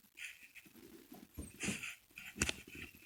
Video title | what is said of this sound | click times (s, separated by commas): Installing HID Headlights On A 2019 Western Star 5700xe | and listen for the snap | 2.4 s